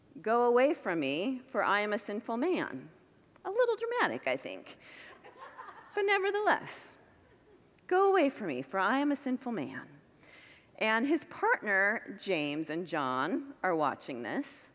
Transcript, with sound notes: “Go away from me, for I am a sinful man.” A little dramatic, I think. [Congregants laugh] But nevertheless: “Go away from me, for I am a sinful man.” And his partners, James and John, are watching this.